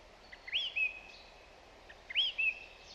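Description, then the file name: Song thrush, a short whistled phrase with a rising note and a lower note, given twice about one and a half seconds apart, other birds faint behind. "Zanglijster Turdus philomelos"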